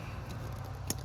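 A quick-connect transmission cooler line on a Dodge Ram 6.7L Cummins with a 68RFE transmission is pushed back into its fitting on the bypass delete, over a steady low hum. At 0.9 s the retainer snaps over with a short, sharp click, and the connector is seated.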